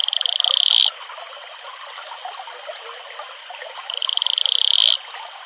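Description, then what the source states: Atelopus franciscus calling with rapid pulsed trills, one at the start and another about four seconds later, each swelling and ending abruptly, with running water behind. Male; advertisement call.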